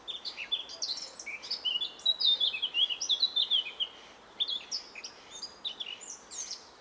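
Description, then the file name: Eurasian blackcap song: a continuous, fast warble of mixed scratchy and fluty notes that peaks in the middle, then trails off in softer phrases. "Sylvia atricapilla"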